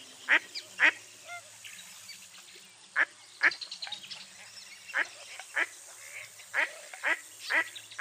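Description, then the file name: Duck giving harsh quacks at irregular intervals, some in pairs, with softer calls between. "zvuki glazchatoi kriakvy"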